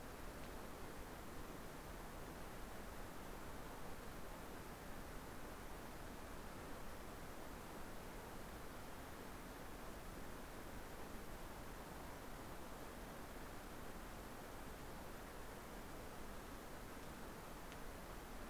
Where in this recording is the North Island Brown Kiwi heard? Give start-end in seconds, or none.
none